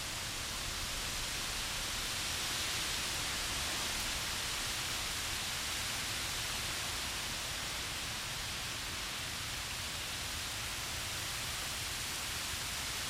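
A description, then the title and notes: A storm passing through, heard as a dense, unbroken hiss of heavy rain that holds steady for the whole stretch. The sound is bright, with a soft low rumble underneath but no distinct thunderclaps or separate events. I recorded this storm passing through Indianapolis,. Mic: Shure SM7B.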